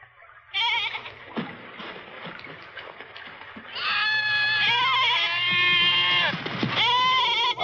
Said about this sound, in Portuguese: Os bodes são bons marujos? Bodes? Do que está falando? Por que trazer bodes para bordo?